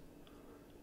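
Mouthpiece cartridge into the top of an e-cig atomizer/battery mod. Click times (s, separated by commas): 0.3 s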